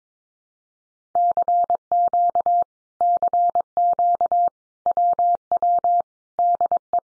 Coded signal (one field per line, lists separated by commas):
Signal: Morse code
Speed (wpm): 22 wpm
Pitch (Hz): 700 Hz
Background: none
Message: CQ CQ WW DE